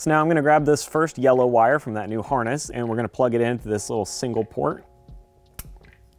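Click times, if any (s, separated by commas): 5.6 s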